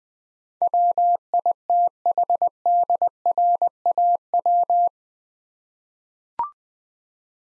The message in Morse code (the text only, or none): WITHDRAW